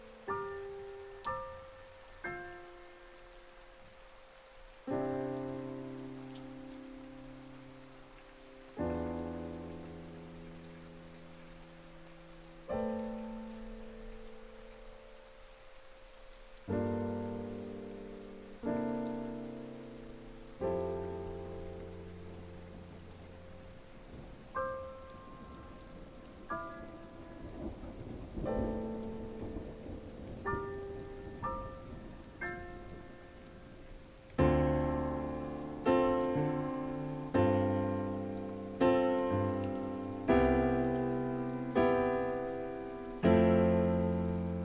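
Gentle piano plays slow chords and single notes over a steady soft hiss of rain. Each note rings and fades, with deep bass tones every few seconds. From about 34 seconds the playing grows louder and denser, with brighter repeated chords.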